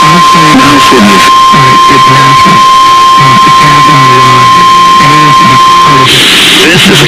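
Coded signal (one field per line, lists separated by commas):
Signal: Emergency Alert System (SAME) tones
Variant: 1050 Hz attention tone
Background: speech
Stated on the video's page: Monthly tests for Bay Area and Kern areas.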